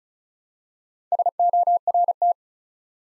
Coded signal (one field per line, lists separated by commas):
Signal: Morse code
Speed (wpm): 36 wpm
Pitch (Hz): 700 Hz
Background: none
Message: SORT